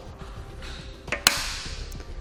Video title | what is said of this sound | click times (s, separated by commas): etrailer - Yakima Roof Rack Review - 2016 Mazda CX-5 | once we hear a click we know we have that tight enough | 1.3 s